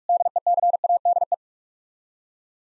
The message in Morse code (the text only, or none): DECADE